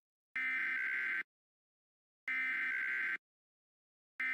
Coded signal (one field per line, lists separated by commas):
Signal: Emergency Alert System (SAME) tones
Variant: header bursts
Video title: Emergency Alert System - LIAMS RANDOM INTROSPECTIVES (Halloween special)